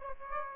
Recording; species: mosquito wingbeat signal from an infrared sensor; Aedes aegypti